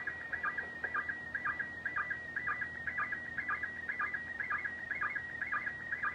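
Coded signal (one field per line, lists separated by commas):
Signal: SSTV (slow-scan television)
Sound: warbling tone near 2 kHz with a rhythmic low chirp about twice a second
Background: radio static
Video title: 12-27-2024 - SSTV - ISS - YAESU FT-991-A - MMSSTV - On the Air with #va3ewv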